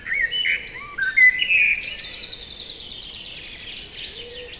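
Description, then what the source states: Common blackbird song phrase of fluty whistles ending in high twittering, followed by faint high chirping. Evening chorus at Lac de Barterand, Magnieu, France; blackbird singing trills from a tree by the lake; recorded with Sennheiser MKH8040 ORTF stereo microphones and a Zoom F8.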